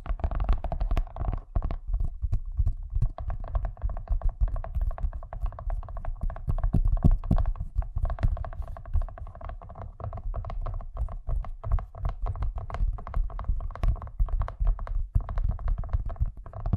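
Fast tapping runs without pause for the whole stretch, a dense stream of quick, sharp hits that blur into a rattling patter. The strikes have a low thump under them and a steady hum sits beneath, with loudness rising and dipping but never stopping.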